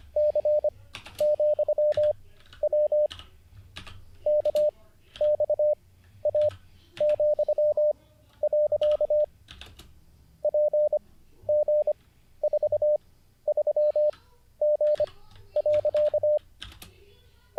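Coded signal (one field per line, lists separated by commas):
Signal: Morse code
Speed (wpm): 25 wpm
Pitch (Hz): 600 Hz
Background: none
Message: C,W KXA,. PG43G.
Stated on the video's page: Livestreamed Morse code learning session, day 49.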